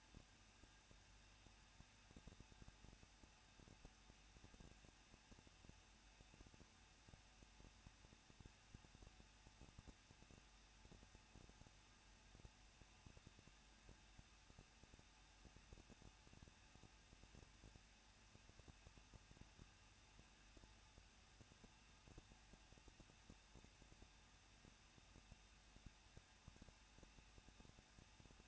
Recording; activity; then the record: daily activity, microphone in the room; no activity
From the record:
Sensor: 2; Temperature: 21.0 degrees Celsius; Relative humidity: 37.3%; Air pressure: 1006.3 hPa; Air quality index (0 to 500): 220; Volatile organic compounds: 23 ppm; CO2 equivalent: 2782 ppm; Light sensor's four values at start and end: 2/3/2/2 and 2/3/2/2